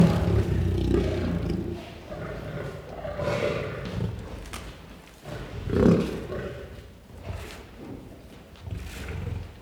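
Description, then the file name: Lion growling in uneven low grumbles that fade in and out, with a louder rough burst midway. Growling and roaring. "Het grommen en brullen van een leeuw - Beeld en Geluid"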